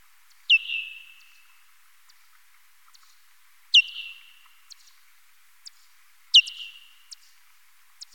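Parti-coloured bat calls: three sharp falling sweeps with drawn-out level tails, about every three seconds, and brief ticks in the gaps.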